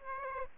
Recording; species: mosquito wingbeat signal from an infrared sensor; Aedes aegypti